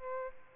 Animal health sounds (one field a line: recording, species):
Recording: mosquito wingbeat signal from an infrared sensor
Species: Aedes albopictus